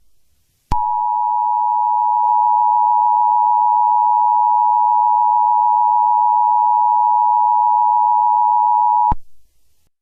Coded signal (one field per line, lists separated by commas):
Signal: Emergency Alert System (SAME) tones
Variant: 853 and 960 Hz attention tone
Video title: EAS Scenario #6 Time Goes Backwards